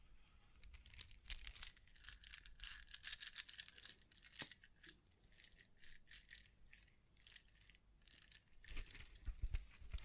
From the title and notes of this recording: ASMR 9 Triggers Assortment for Sleep Tapping, Scratching, Brushing, Crinkles(No Talking).